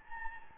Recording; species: mosquito wingbeat signal from an infrared sensor; Anopheles gambiae